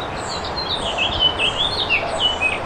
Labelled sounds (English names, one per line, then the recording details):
House Finch song
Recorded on Long Island, New York, on 1 June 2012
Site AS
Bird A